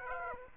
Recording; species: mosquito wingbeat signal from an infrared sensor; Aedes aegypti